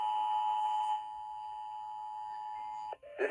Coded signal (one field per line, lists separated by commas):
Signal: Emergency Alert System (SAME) tones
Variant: 853 and 960 Hz attention tone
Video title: INSERT OBNOXIOUS TEXT HERE. Broadcast Radio/TV EAS: Required Monthly Test (EAS #640-644)